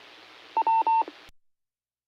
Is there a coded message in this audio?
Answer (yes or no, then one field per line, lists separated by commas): no